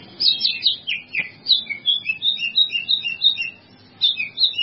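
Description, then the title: Bird song of quick chirped and slurred notes between mid and high pitch, delivered in a lively, varied run with brief pauses. "burung"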